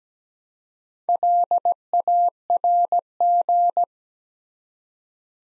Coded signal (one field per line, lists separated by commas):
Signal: Morse code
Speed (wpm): 17 wpm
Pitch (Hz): 700 Hz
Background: none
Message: LARG